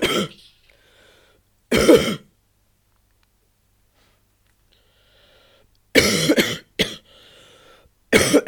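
An adult coughing: about five separate coughs with pauses between them.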